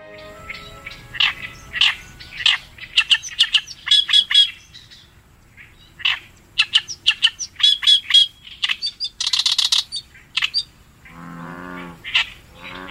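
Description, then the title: Oriental reed warbler song: loud, scratchy run of chattering and squeaky notes, pausing and restarting. Recorded on the Tone River riverbank in Japan. "利根川河川敷のオオヨシキリ"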